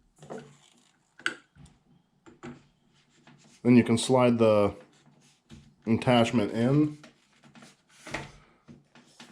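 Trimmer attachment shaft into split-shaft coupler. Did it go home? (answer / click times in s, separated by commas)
yes / 8.2 s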